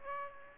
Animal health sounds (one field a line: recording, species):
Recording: mosquito wingbeat signal from an infrared sensor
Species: Aedes aegypti